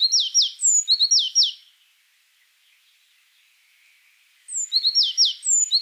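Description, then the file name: Azure tit: a quick series of high descending chirps and thin whistled notes, a pause of about three seconds, then the same phrase repeated. "Cyanistes cyanus"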